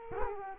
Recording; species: mosquito wingbeat signal from an infrared sensor; Culex quinquefasciatus